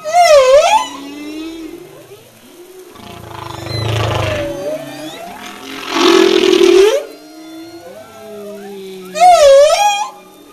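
Humpback whale song: high wavering wails open and close the passage, with low grunts and a loud rasping cry ending in an upsweep between.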